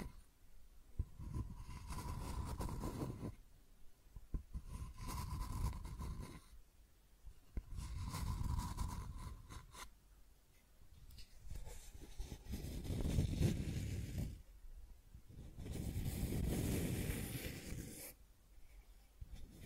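Scratching and tracing sounds come in long repeated strokes, each lasting about two to three seconds with short quiet gaps between. The strokes swell and fade, rough and gritty, with a faint steady whine in some passes and a heavier, brighter stroke near the end.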